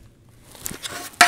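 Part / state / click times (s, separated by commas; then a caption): control circuit board into the guide rail of a garage door opener housing / seated / 1.2 s. After wiring, the control circuit board of a Sommer Duo Vision garage door opener is slid back into its plastic guide rail in the opener housing and pressed down to latch. Faint rustling and a few small taps lead up to a sharp, loud snap at 1.2 s as the board seats.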